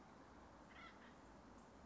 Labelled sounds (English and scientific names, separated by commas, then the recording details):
Acorn Woodpecker (Melanerpes formicivorus)
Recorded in Sonoma County, California